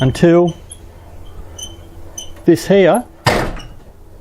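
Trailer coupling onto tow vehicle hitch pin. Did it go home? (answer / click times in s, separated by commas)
yes / 2.2 s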